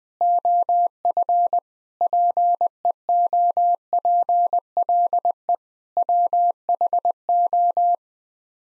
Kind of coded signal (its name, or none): Morse code